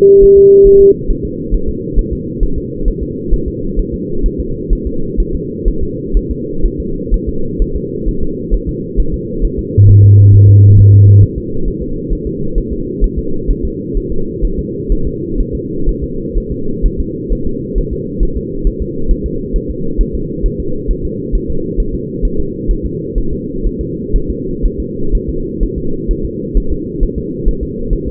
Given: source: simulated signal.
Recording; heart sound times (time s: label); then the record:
fetal heart sounds
0.23 s: S1
0.38 s: S2
0.67 s: S1
0.81 s: S2
1.11 s: S1
1.25 s: S2
1.54 s: S1
1.69 s: S2
1.99 s: S1
2.13 s: S2
2.43 s: S1
2.58 s: S2
2.88 s: S1
3.03 s: S2
3.34 s: S1
3.48 s: S2
3.80 s: S1
3.94 s: S2
4.26 s: S1
4.40 s: S2
4.73 s: S1
4.87 s: S2
5.20 s: S1
5.35 s: S2
5.68 s: S1
5.83 s: S2
6.17 s: S1
6.31 s: S2
6.66 s: S1
6.80 s: S2
7.14 s: S1
7.29 s: S2
7.62 s: S1
7.76 s: S2
8.09 s: S1
8.23 s: S2
8.54 s: S1
8.69 s: S2
9.00 s: S1
9.14 s: S2
9.45 s: S1
9.59 s: S2
9.89 s: S1
10.04 s: S2
10.34 s: S1
10.49 s: S2
10.79 s: S1
10.94 s: S2
11.23 s: S1
11.38 s: S2
11.68 s: S1
11.82 s: S2
12.13 s: S1
12.27 s: S2
12.58 s: S1
12.72 s: S2
13.04 s: S1
13.19 s: S2
13.51 s: S1
13.65 s: S2
13.97 s: S1
14.12 s: S2
14.45 s: S1
14.59 s: S2
14.92 s: S1
15.07 s: S2
15.41 s: S1
15.55 s: S2
15.89 s: S1
16.04 s: S2
16.38 s: S1
16.52 s: S2
16.86 s: S1
17.00 s: S2
17.33 s: S1
17.47 s: S2
17.78 s: S1
17.93 s: S2
18.23 s: S1
18.37 s: S2
18.67 s: S1
18.82 s: S2
19.11 s: S1
19.26 s: S2
19.56 s: S1
19.70 s: S2
20.01 s: S1
20.15 s: S2
20.46 s: S1
20.60 s: S2
20.91 s: S1
21.05 s: S2
21.35 s: S1
21.50 s: S2
21.80 s: S1
21.95 s: S2
22.25 s: S1
22.40 s: S2
22.71 s: S1
22.86 s: S2
23.18 s: S1
23.33 s: S2
23.67 s: S1
23.81 s: S2
24.16 s: S1
24.30 s: S2
24.66 s: S1
24.80 s: S2
25.15 s: S1
25.29 s: S2
25.63 s: S1
25.78 s: S2
26.11 s: S1
26.25 s: S2
26.57 s: S1
26.72 s: S2
27.03 s: S1
27.18 s: S2
27.48 s: S1
27.63 s: S2
27.93 s: S1
28.08 s: S2
From the record:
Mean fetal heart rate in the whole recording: 130 bpm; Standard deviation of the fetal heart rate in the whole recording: 4 bpm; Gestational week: 38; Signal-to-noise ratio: -8.1 dB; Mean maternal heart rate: 72 bpm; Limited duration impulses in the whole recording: present